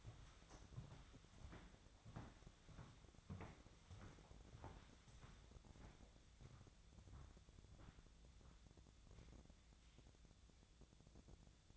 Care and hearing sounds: daily activity, microphone in the room; walk to room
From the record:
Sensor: 3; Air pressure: 1000.0 hPa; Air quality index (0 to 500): 122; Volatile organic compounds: 2 ppm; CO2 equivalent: 1094 ppm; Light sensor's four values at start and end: 38/93/41/45 and 39/95/42/46

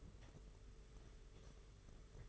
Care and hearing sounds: daily activity, microphone in the room; take from stove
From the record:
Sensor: 4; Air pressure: 992.0 hPa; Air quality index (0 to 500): 85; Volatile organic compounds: 6 ppm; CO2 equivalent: 1940 ppm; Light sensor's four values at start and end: 21/75/27/29 and 21/75/27/29

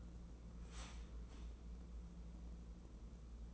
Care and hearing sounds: daily activity, microphone in the room; start toaster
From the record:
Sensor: 1

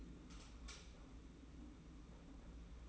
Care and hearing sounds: daily activity, microphone in the room; light on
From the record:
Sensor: 1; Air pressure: 991.9 hPa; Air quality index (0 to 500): 214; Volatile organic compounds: 1000 ppm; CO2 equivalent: 8307 ppm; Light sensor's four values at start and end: 10/22/9/10 and 14/41/16/17

